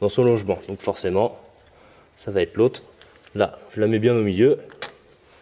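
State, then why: Not seated. Someone talks while handling a metal brake pad spring clip, centring it in its seat in a brake caliper carrier, with faint light metallic handling sounds between the words. Nothing has seated or clicked yet; the clip has not been pushed home.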